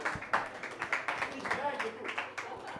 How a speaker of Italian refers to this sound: Un applauso!